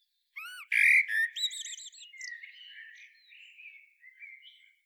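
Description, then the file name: Common blackbird delivering a short rich whistled phrase with a squeaky overtone, fading into softer, lower-volume warbling notes. "Turdus merula"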